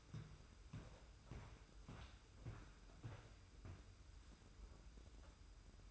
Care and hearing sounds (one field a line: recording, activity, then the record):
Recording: daily activity, microphone in the room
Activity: walk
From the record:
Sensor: 2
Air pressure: 990.6 hPa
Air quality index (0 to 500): 176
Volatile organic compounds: 1000 ppm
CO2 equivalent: 5569 ppm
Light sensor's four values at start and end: 30/70/29/29 and 29/69/28/28